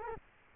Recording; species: mosquito wingbeat signal from an infrared sensor; Culex quinquefasciatus